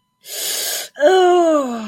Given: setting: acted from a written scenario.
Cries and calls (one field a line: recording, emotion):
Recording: vocal sound without words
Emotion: pain